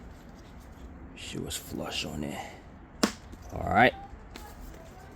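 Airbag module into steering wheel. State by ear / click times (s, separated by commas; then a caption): seated / 4.4 s. Someone talks while a custom airbag cover/module is pushed down flush into the steering wheel of an Infiniti G37, G35, Q40 or G25. A sharp knock sounds at 3.0 s, and its retaining clips engage with a click at 4.4 s. The module is seated.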